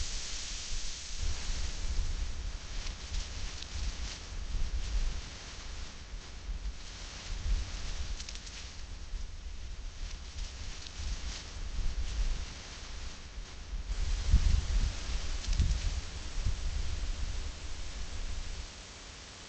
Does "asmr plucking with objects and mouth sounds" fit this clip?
no